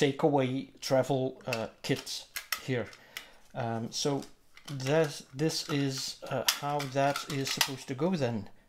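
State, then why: Not seated. A travel paint kit is handled and fitted toward its holder on a plein air sketching board while someone talks throughout, with a few light clinks under the voice. The clip ends before the part goes home, so nothing has seated or clicked yet.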